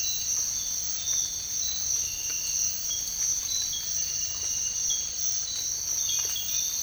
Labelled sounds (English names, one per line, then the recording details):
none
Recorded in dense forest near Puerto Asís, Putumayo, Colombia, on 19 March 2025 at 06:00
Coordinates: 0.485, -76.318
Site G056